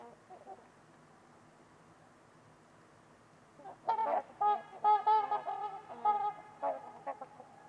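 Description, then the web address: Trumpeter swans honking, quiet at first, then a lively run of loud, horn-like calls continuing to the end. Trumpeter swans on a winter's eve at Winters Lake in a deep, silent valley in winter. "Trumpeter Swans on a Winter's Eve. Nick-Mc Mahan Winters-Lake-with-Swan. Wind Is the Original Radio"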